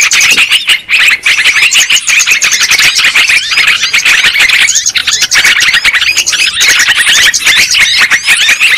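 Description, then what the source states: Lovebirds in a busy chorus, many piercing chirps and short squeals running together nonstop across the whole stretch. Lure recording played to attract and trap lovebirds.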